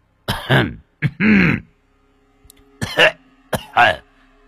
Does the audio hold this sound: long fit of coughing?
yes